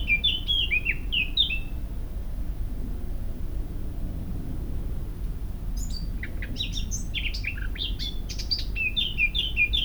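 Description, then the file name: Eurasian blackcap singing: a short fluted phrase at the start, a pause of a few seconds, then a long fast chattering warble with clear whistles. "Sylvia atricapilla"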